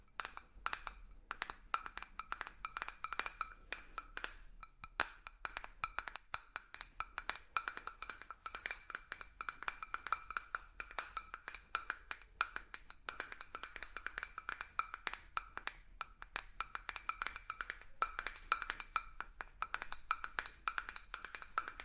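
Rapid, dense tapping on objects continues for the whole clip, sharp clicks with a steady mid-pitched ring beneath and brief pauses around five seconds.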